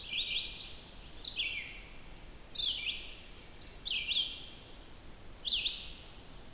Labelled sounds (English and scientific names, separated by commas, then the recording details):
Red-eyed Vireo (Vireo olivaceus) song
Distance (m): 40 m
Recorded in boreal forest in Alberta, Canada, on 14 June 2016 at 06:44
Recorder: SongMeter 3, array SBT-3-33
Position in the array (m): 142 m, 181 m